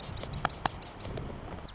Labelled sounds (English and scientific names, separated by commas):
Marsh Wren (Cistothorus palustris)